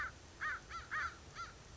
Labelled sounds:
American Crow (Corvus brachyrhynchos)
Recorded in Sonoma County, California

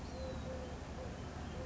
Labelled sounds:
Eurasian Collared Dove (Streptopelia decaocto)
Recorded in Sonoma County, California

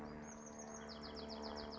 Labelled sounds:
Bewick's Wren (Thryomanes bewickii)
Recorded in Sonoma County, California

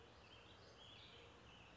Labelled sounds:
Warbling Vireo (Vireo gilvus)
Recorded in Sonoma County, California

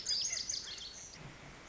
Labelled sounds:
Lazuli Bunting (Passerina amoena)
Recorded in Sonoma County, California

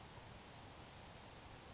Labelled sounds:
Grasshopper Sparrow (Ammodramus savannarum)
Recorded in Sonoma County, California

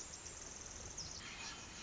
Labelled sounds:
Pacific Wren (Troglodytes pacificus)
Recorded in Sonoma County, California

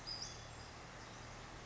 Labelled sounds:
Western Flycatcher (Empidonax difficilis)
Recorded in Sonoma County, California

